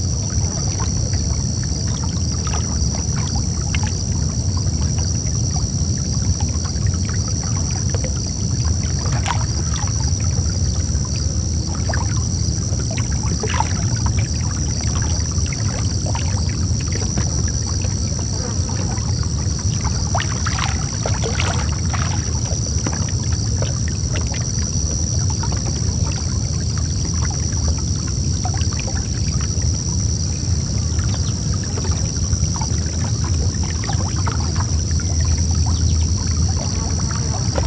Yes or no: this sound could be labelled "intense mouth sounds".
no